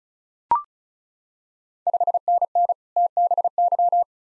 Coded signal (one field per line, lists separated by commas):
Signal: Morse code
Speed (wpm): 36 wpm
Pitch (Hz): 700 Hz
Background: none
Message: 5NN TBY